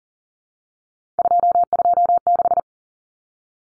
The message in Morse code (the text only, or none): 226